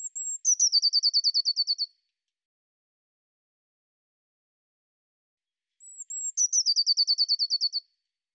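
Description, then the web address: Eurasian blue tit giving two calls, each high piercing notes then a fast, evenly spaced churring trill, separated by about four seconds of silence. "Deverinetal"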